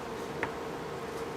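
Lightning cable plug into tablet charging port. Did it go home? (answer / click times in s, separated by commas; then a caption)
no / none. A Lightning charging cable is pushed against an iPad charging port that still holds a broken-off connector tip, and the plug will not go in. Against a steady low hum, a single brief tap is heard at 0.4 s. Nothing has seated or clicked yet, and the iPad does not charge.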